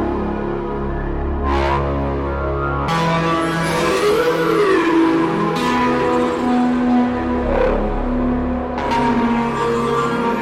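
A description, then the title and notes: Additive re-synthesis of notes played on a piano string with a pencil, heard as a dense, shimmering drone of stacked steady tones. Bright scraping bursts and pitch sweeps break in about every two to three seconds, near 1.5, 3, 5.6, 7.6 and 9 seconds. Additive Pencil String - Elevation for Icarus. Additive re-synthesis of a series of notes played on a piano string with a pencil, both oscillators use the different segments of the same wavetable with different morphing types.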